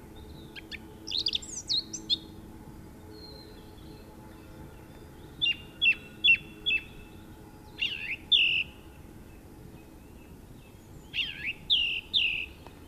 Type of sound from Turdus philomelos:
song